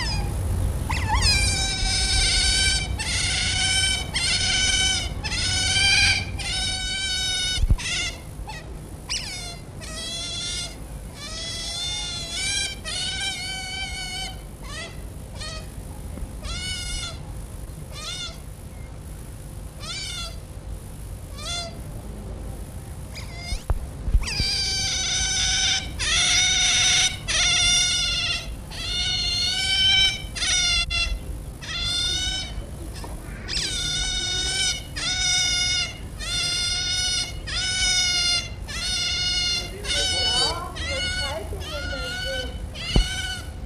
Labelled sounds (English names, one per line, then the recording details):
European Otter call
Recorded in captivity
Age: juvenile
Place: Tierpark Berlin, Berlin, DE
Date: 1963-04-13 12:00
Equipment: Minifon, Kopie Smaragd
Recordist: Tembrock, Günter